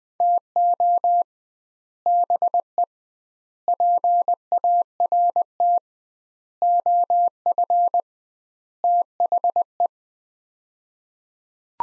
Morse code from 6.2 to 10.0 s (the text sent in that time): OF THE